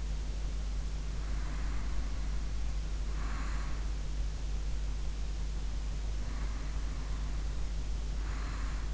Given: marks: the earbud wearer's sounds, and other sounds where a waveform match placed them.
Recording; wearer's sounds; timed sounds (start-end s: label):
sounds in sleep by an in-ear microphone; breath
1.23-3.91 s: breath
6.07-8.94 s: breath